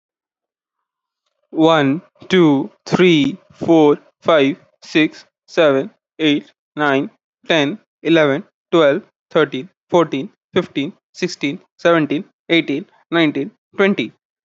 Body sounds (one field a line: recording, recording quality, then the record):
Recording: counting at a normal pace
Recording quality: excellent, no background noise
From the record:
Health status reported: exposed to COVID-19, no respiratory illness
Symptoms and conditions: none ticked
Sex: male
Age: 21 years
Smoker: not ticked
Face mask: not worn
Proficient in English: yes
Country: India